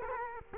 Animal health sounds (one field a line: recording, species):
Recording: mosquito wingbeat signal from an infrared sensor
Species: Culex quinquefasciatus